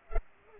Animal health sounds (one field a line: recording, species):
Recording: mosquito wingbeat signal from an infrared sensor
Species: Culex pipiens